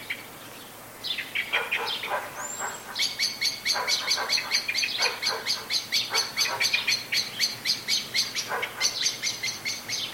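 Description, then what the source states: Blackbird giving rapid, harsh alarm notes, starting with lower clucks and building into a long, fast run of sharp clicks, with a brief high whistle early on. Anxious calling.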